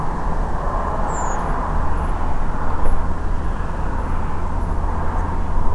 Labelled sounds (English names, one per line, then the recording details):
Redwing
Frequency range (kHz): Redwing 6.1-8.2 kHz
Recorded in France